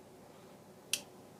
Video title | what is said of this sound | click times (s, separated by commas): I won the Bosch professional 4 in 1 toolbox from @JonaShone and its really nice👍 | opens up locks into place um | 0.9 s